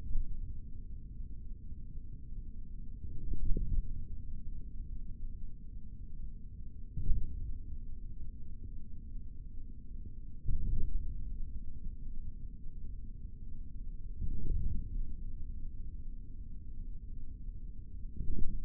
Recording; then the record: forearm muscle sounds (acoustic myography)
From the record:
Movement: forearm supination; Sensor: system 3, bracelet of six PUI Audio POM-2738L microphones around the upper forearm, with dedicated amplification and filtering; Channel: 2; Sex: male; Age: 25 years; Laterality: right